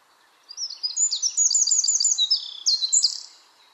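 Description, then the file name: Eurasian wren song, a quick burst of piercing high notes and buzzy trills lasting under three seconds, ending in a few bright, ringing notes. "Troglodytes troglodytes"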